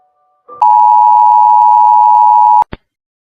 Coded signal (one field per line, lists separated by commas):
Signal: Emergency Alert System (SAME) tones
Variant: 853 and 960 Hz attention tone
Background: music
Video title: Rating EAS alarms 2